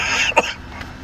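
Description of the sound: A single short, harsh throat-clearing cough from an adult whose voice is scratchy from being sick, over faint background hiss.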